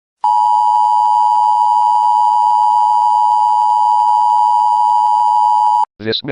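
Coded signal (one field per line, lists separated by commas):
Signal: Emergency Alert System (SAME) tones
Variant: 853 and 960 Hz attention tone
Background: speech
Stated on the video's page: Fictional EAS scenario for entertainment, containing valid EAS tones.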